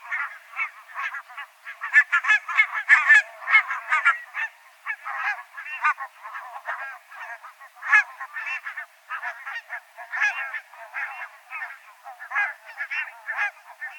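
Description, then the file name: Barnacle goose: barnacle geese in a noisy flock, clipped yelping honks tumbling rapidly over one another, with louder bursts standing out from the constant chatter. "Nonnengans"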